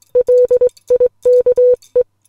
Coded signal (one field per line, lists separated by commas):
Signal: Morse code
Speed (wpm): 21 wpm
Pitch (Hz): 500 Hz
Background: music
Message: LIKE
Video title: Morse Code Poem - Ocean - Les Logan SpeedX model 500